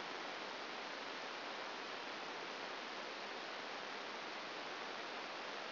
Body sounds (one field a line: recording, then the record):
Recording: brain microelectrode recording played as sound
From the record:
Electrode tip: outside the subthalamic nucleus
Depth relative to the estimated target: 4 mm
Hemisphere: left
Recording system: AlphaMap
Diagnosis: Parkinson's disease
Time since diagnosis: 9 years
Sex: male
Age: 68 years